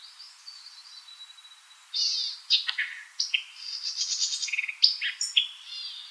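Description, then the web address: White-eyed vireo singing a lively jumble of buzzy slurs, chips and high whistled notes, following a soft introductory buzz. Recorded 4 January 2007. "White-eyed Vireo 2007 01 04 White-eyed Vireo"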